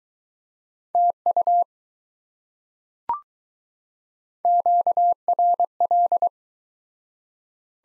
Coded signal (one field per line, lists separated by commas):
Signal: Morse code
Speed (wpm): 20 wpm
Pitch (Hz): 700 Hz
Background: none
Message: TU QRL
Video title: Top 20 QSO Elements - Speed-Racing - 15wpm